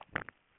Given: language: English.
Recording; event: throat vibration sensor signal played as sound; swallow